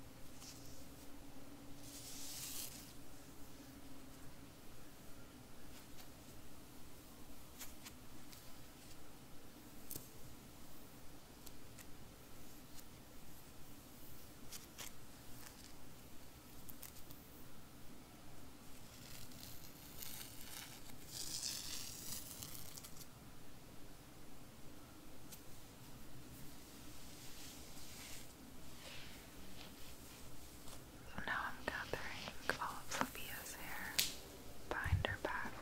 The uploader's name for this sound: ASMR Classic hair brushing, hair play & back scratch with … (whisper, hair sounds)